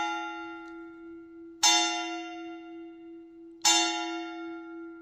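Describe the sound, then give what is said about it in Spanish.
Church bells in Siete Iglesias de Trabancos toll on an ordinary afternoon in two loud, resonant strikes about two seconds apart, each with a bright metallic attack and a long humming decay that keeps ringing between blows. No voices. “Estoy recogiendo el sonido de las campanadas.”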